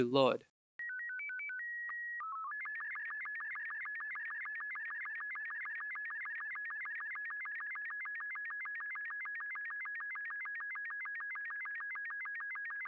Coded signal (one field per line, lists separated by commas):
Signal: SSTV (slow-scan television)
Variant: Robot 36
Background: speech